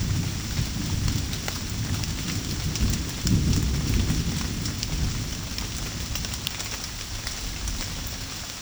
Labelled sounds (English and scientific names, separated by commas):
none